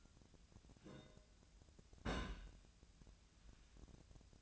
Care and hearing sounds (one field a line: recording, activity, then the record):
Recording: daily activity, microphone in the room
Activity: place on stove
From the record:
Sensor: 2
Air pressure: 1009.8 hPa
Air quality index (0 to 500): 180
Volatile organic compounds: 10 ppm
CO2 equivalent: 2244 ppm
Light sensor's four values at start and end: 32/80/34/38 and 32/79/34/38